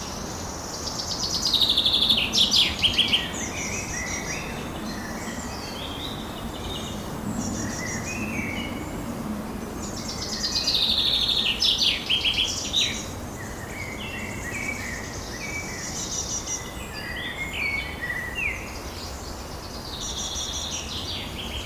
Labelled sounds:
Common Chaffinch (Fringilla coelebs) song
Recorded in the wild
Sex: male
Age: adult
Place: Forsthaus Dreilinden, Wannsee, Berlin, DE
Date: 1997-06-08 15:52
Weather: fair, ca. 26°C, gusty winds
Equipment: Nagra SN, Kopie Uher 4000 Report Monitor
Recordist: Tembrock, Günter

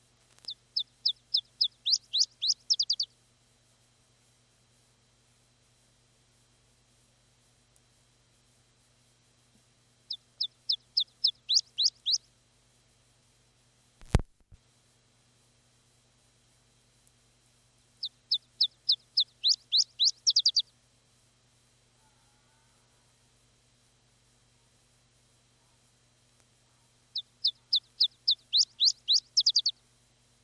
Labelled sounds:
Iberian Chiffchaff (Phylloscopus ibericus) song
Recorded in the wild
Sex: male
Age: adult
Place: Ramales de la Victoria, Nordspanien, Kantabrien, ES
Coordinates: 43.25, -3.46667
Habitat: meadow with bushes (e.g. blackberry) and small trees
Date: 1964-04-30 16:00
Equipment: Nagra III PH, teils Richtmikrophon, teils Parapolspiegelmikrophon, LGS26
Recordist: Sapper and Schneider, H.-J
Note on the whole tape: Phylloscopus collybita brehmii (alte Bezeichnung, inzwischen eigene Art): Gesang. Bis 9:30 min. Aufnahme mit Richtmikrophon, anschließend mit Parabolspiegelmikrophon

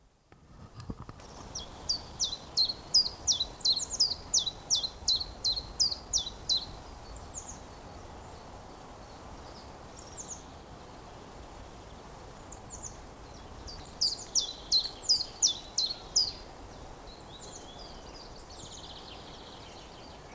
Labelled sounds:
Common Pheasant (Phasianus colchicus) call
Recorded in the wild
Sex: male
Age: adult
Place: Mühlenbeck, am Tegeler Fließ, Brandenburg, DE
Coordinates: 52.6, 13.282
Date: 1992-04-11 11:40
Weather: heiter, 14°C, Wind
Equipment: Nagra SN, Mikrofon AKG CK 8, Kopie Tesla B 116
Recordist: Tembrock, Günter

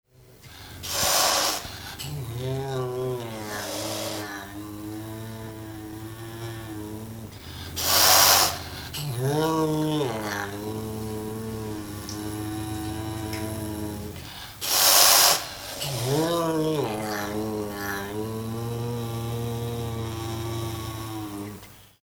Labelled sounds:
Serval (Leptailurus serval)
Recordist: Tembrock, Günter
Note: Fauchen und Knurren

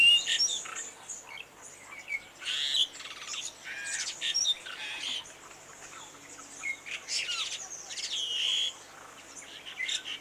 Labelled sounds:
Pied Myna (Gracupica contra) song
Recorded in captivity
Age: adult
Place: Zoo Berlin, Berlin, DE
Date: 2004-09-17 13:38
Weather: sunny, 19°C
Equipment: Sony WM-D6C, Sennheiser ME 80, Kopie Uher 4000 Report Monitor
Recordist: Tembrock, Günter
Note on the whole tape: Zwei Exemplare: Gesang

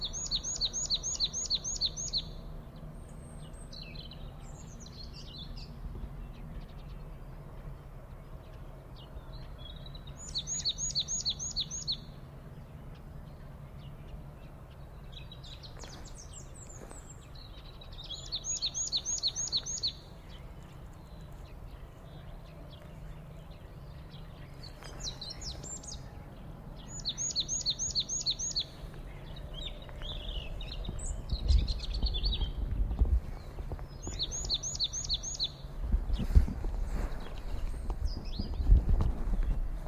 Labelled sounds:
Marsh Tit (Poecile palustris) song
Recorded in the wild
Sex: male
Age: adult
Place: Charlottenhof, Mecklenburgische Seenplatte, Mecklenburg-Vorpommern, DE
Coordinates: 53.515, 12.0903
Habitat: wood
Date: 2010-04-08
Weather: fair, 10°C, no wind
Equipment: Sound Devices 702, Sennheiser MKH 70, Rycote Windschutz
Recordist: Frommolt, Karl-Heinz

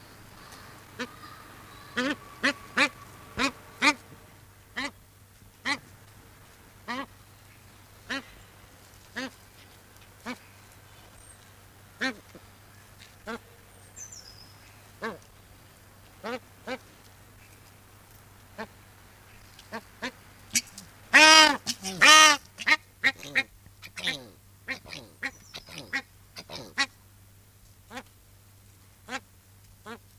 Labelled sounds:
Australian Shelduck (Tadorna tadornoides) call
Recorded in captivity
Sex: pair
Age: adult
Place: Zoo Rostock, Mecklenburg-Vorpommern, DE
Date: 1984-02-04 14:33
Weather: overcast, 3-6°C
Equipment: Nagra SN, Kopie Uher 4000 Report Monitor
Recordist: Tembrock, Günter
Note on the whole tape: Paar: diverse Laute

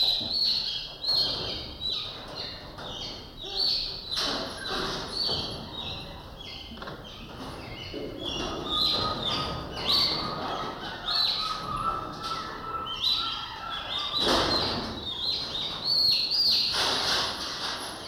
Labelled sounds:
Crab-eating Macaque (Macaca fascicularis) call
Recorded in captivity
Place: Primatenstation Kassel, Hessen, DE
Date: 1995-09-24 14:01
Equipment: Sony WM-D6C, Sennheiser ME 80, Kopie Uher 4000 Report Monitor
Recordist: Tembrock, Günter

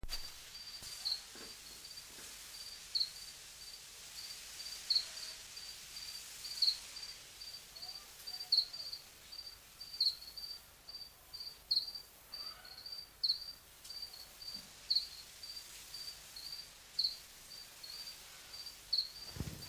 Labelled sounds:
House Cricket (Acheta domesticus) stridulation
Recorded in captivity
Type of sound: stridulation
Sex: male
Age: imago
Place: Bansin, Insel Usedom, Mecklenburg-Vorpommern, DE
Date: 1983-09-23 16:03
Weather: Tropenhausklima
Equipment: Nagra SN, Sennheiser MKH 416 T, Kopie Uher 4000 Report Monitor
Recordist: Tembrock, Günter
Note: Stridulation. Im Tropenhaus von Bansin

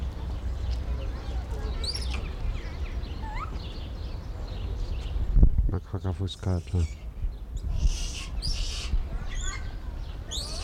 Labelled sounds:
Japanese Macaque (Macaca fuscata)
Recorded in captivity
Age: juvenile
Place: Zoo Berlin, Berlin, DE
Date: 1994-03-12 11:10
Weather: leichter Regen, 7°C
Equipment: Marantz CP 430, Sennheiser ME 80, Kopie Uher Variocord 263
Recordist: Tembrock, Günter

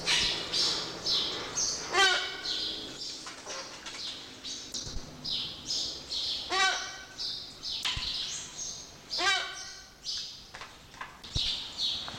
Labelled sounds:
Brown-cheeked Hornbill (Bycanistes cylindricus) call
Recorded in captivity
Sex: male
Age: adult
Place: Zoo Berlin, Berlin, DE
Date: 1986-02-07 10:52
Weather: sonnig, -10°C
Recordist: Tembrock, Günter

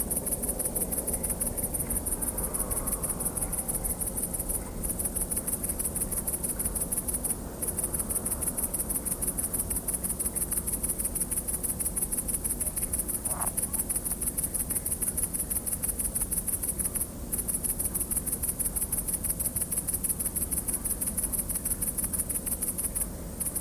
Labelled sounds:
Great Green Bush-cricket (Tettigonia viridissima) stridulation
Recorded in the wild
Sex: male
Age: imago
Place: Lübars, Benekendorffstraße, Berlin, DE
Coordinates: 52.6167, 13.3469
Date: 1998-08-17 23:00
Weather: heiter, 15°C
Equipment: Marantz CP 430, Sennheiser ME 80, Kopie Uher 4000 Report Monitor
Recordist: Tembrock, Günter

